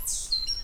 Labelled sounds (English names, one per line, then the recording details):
Stitchbird song
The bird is a male
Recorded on Tiritiri Matangi Island, New Zealand, in 2005
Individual 8, of nest box 10